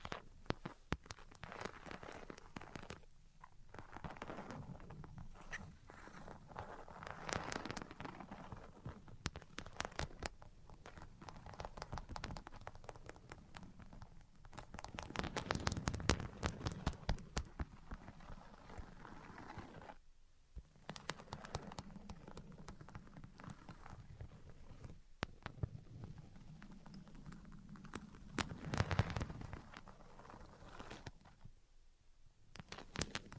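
Tapping, scratching and tracing sounds run throughout, made of dense clusters of crisp taps and rough scraping strokes. Busier passages come around 7 seconds, 15–17 seconds and 28–29 seconds, with brief near-silent pauses near 20 and 31 seconds.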